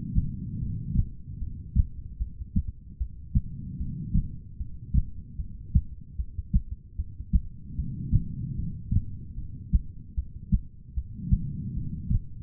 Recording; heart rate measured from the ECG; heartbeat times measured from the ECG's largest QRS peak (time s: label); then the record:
heart sounds by stethoscope; 75 bpm
0.58 s: heartbeat
1.38 s: heartbeat
2.18 s: heartbeat
2.97 s: heartbeat
3.77 s: heartbeat
4.57 s: heartbeat
5.37 s: heartbeat
6.16 s: heartbeat
6.96 s: heartbeat
7.76 s: heartbeat
8.55 s: heartbeat
9.35 s: heartbeat
10.15 s: heartbeat
10.94 s: heartbeat
11.74 s: heartbeat
From the record:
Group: heart failure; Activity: rest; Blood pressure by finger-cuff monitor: 107/78 mmHg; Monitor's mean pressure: 90 mmHg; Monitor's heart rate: 75 bpm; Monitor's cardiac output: 4.5 L/min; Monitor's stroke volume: 60 mL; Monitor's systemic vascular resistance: 1460 dyn s/cm5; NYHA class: 2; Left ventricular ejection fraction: 58%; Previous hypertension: present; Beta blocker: bisoprolol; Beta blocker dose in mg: 5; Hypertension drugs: ramipril, spironolactone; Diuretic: furosemide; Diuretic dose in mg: 160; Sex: female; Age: 55 years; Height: 155 cm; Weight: 67 kg